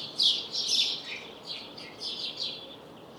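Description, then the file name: House sparrow giving loud, short chirps in quick irregular runs, some notes dropping slightly in pitch, with soft background hiss. "Passer domesticus"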